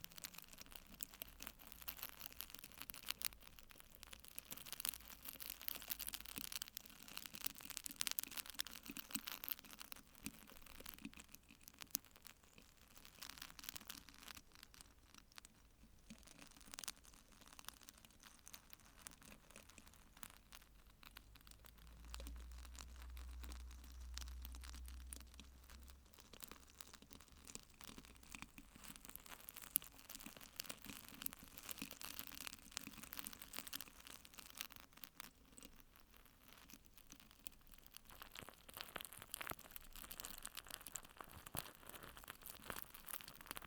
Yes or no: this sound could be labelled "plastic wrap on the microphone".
yes